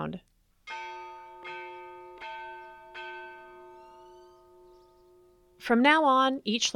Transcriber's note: Church Bells